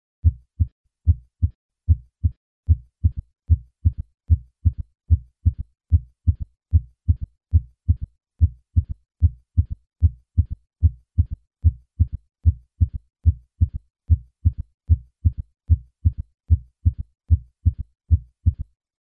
When a third heart sound occurs in patients over the age of 40, left ventricular failure should be suspected. Patients with an audible third heart sound usually have a decreased ejection fraction. In fact, a third heart sound may be the earliest clue to heart failure. This sound occurs in patients with dilated cardiomyopathy, end-stage ischemic heart disease, and valvular heart disease.